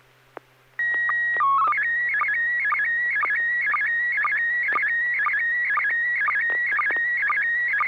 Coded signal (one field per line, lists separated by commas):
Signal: SSTV (slow-scan television)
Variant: PD 120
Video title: N6NA SSTV Net - 03/24/2021